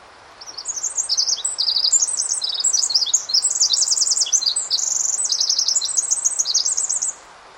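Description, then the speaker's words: Pacific Wren song, a long torrent of very fast, high tinkling notes and trills, running about seven seconds before stopping abruptly. Local Sitka recording, played again; an immense number of very fast notes from a very small bird, usually perched atop a snag 10 to 15 feet up; a common local forest bird. "So I'll go ahead and play the Pacific Wren song once more."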